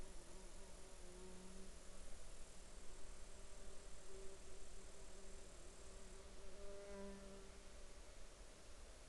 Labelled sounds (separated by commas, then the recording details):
water, insects
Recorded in Ivvavik National Park, Yukon, on 8 July 2019 at 11:04
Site AR04